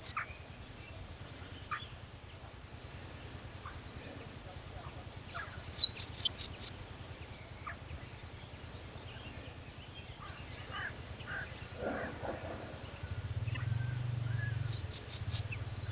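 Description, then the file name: Eurasian blue tit call: high, thin downslurred notes in short runs of four or five, separated by long pauses. "Cyanistes caeruleus"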